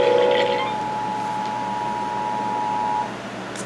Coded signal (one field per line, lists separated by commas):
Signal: Emergency Alert System (SAME) tones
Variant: 853 and 960 Hz attention tone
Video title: AM/FM and TV EAS #386-387: Severe Thunderstorm Warning